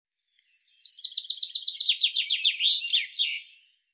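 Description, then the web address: Common chaffinch song: a cascading trill of evenly repeated notes dropping in pitch, closing with a sharp emphatic flourish, nothing else audible. "Deverinetal 2025 File cleaned normalized Bird Fr Co"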